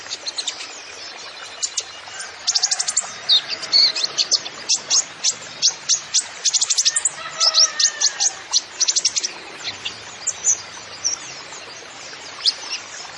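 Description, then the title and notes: Van Hasselt's sunbird song: fast bursts of thin high tweets, a few lower whistled notes slipping in midway. Masteran recording for training songbirds; actively singing (gacor) bird with full fills (isian) and shots (tembakan). "MASTERAN KOLIBRI NINJA FULL ISIAN DAN TEMBAKAN COCOK BUAT PANCINGAN. Suara Burung Kolibri Ninja Gacor"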